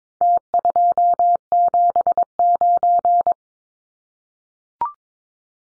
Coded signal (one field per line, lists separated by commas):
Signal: Morse code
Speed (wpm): 22 wpm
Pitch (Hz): 700 Hz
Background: none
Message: T279